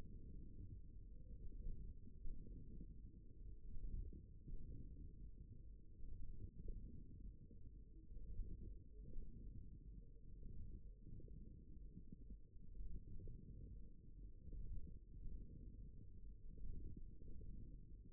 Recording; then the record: forearm muscle sounds (acoustic myography)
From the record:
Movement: wrist flexion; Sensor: system 1, eight BSWA MPA416 microphones around the upper forearm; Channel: 1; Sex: male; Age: 54 years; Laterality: right